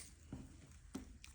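A plastic or resin cap is handled onto the body of a fountain pen after an ink is shown. Soft, low handling bumps come at about 0.3 s and 0.9 s, followed by a brief, faint tick near 1.2 s and another at the very end. Nothing has seated or clicked yet.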